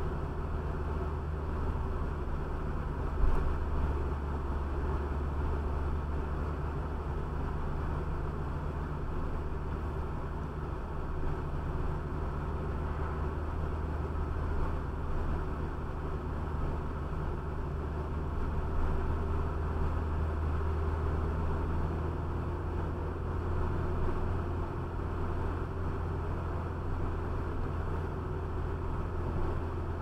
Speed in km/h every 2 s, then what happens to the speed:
46, 43, 44, 45, 45, 45, 47, 46, 45, 48, 49, 52, 52, 50, 50.
0-16 steady at about 45. 16-22 speeds up to 52. 22-30 steady at about 50.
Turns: none.